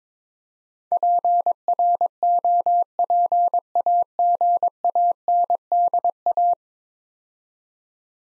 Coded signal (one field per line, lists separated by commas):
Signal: Morse code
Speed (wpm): 23 wpm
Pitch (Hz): 700 Hz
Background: none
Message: PROPAGANDA